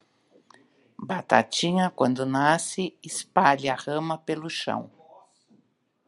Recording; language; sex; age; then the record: short text; Brazilian Portuguese; female; 60 to 69 years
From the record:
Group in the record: control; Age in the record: 64 years